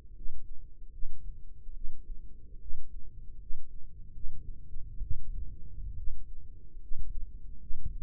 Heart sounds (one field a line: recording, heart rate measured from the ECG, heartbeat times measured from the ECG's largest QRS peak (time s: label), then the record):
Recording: heart sounds by microphone in the right ear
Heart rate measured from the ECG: 72 bpm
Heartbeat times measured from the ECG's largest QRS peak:
0.13 s: heartbeat
0.90 s: heartbeat
1.73 s: heartbeat
2.57 s: heartbeat
3.37 s: heartbeat
4.11 s: heartbeat
5.00 s: heartbeat
5.95 s: heartbeat
6.78 s: heartbeat
7.58 s: heartbeat
From the record:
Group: healthy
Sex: female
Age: 22 years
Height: 163 cm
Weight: 67.1 kg